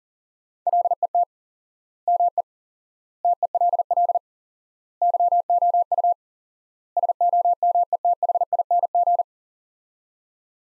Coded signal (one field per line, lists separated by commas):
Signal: Morse code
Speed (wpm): 40 wpm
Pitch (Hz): 700 Hz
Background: none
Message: LET ME TELL YOU SOMETHING